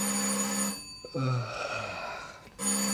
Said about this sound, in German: Allerdings bei weitem nicht lange genug, um ausgeruht zu sein, als mich gegen 8 Uhr früh das Telefon weckte.